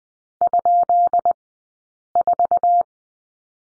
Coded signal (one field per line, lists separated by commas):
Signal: Morse code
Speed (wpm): 20 wpm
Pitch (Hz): 700 Hz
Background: none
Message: ?4